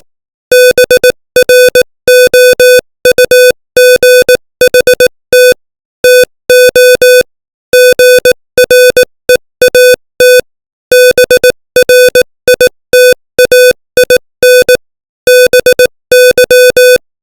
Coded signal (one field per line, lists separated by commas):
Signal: Morse code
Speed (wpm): 18 wpm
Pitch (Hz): 500 Hz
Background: music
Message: BROUGHT TO GREAT BRITAIN BY